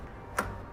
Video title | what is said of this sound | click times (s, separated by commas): Porsche 911 Ski Rack Install - Tips and Tricks | click this tab over, which unlocks it from the frame, and | 0.4 s